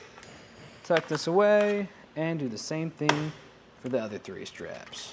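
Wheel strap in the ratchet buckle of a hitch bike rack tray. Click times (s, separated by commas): 0.2 s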